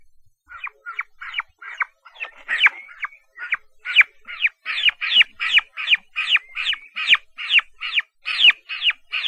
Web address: Turkey. Chicks